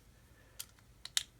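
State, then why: Seated. A plastic gearing part (A7) for a Tamiya 1/32 GR Yaris Mini 4WD chassis is pressed down into a hole and recess of the chassis. A few short, sharp clicks are heard, with the loudest crisp snap at 1.2 s as the part seats into place.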